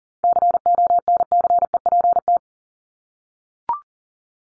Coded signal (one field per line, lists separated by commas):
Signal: Morse code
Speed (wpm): 40 wpm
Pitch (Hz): 700 Hz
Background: none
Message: CONCEPT